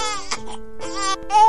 A baby crying.